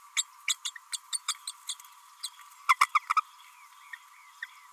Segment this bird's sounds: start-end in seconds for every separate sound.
0.16-0.23, 0.48-0.55, 0.65-0.71, 0.92-0.97, 1.12-1.20, 1.28-1.34, 1.47-1.52, 1.69-1.74, 2.23-2.29, 2.68-2.75, 2.80-2.88, 2.94-2.99, 3.16-3.20, 4.42-4.46